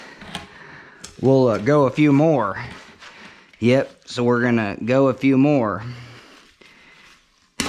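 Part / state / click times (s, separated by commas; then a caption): bicycle freehub driver unscrewing off the hub threads / released / 7.6 s. A threaded bicycle freehub driver is unscrewed a few more turns off the hub threads while someone talks. At 7.6 s a sharp click sounds as the threads jump over the end, releasing the driver.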